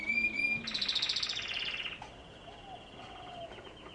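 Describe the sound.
Canary song: a bright whistled note, then a fast trilled roll of repeated notes, fading into softer warbles.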